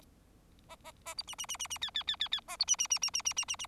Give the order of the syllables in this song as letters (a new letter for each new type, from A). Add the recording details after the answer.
A A A B C C C C C D D D D D A B C C C C C C C C C. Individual Bird4